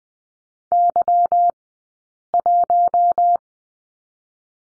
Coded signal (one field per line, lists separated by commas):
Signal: Morse code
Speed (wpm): 20 wpm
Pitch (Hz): 700 Hz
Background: none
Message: Y1